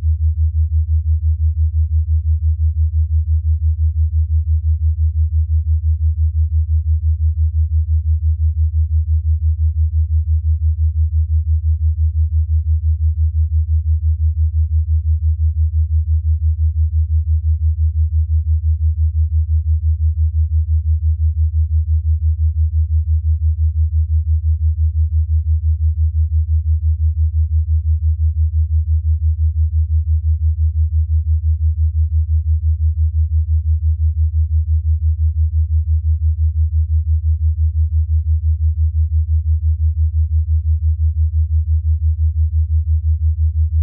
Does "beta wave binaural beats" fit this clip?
yes